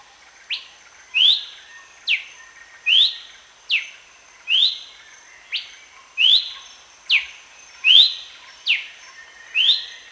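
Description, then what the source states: Horsfield's babbler calling: loud, clear whistled notes repeated steadily, alternating quick downslurs and upswept notes, with a continuous high-pitched hum behind. Recorded at Danum on 1 January 2008.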